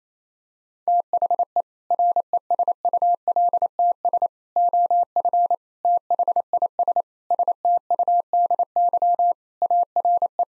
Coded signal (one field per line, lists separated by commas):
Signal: Morse code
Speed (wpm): 28 wpm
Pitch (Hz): 700 Hz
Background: none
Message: THE RESULTS OF THIS STUDY ARE